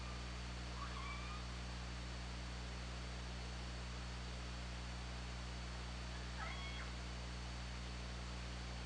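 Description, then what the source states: Killer whale calls, two short upswept harmonic squeals, one near the start and one late, over a steady low underwater hum. Recorded through the OrcaLab hydrophone on 24 August 2017 at 19:45.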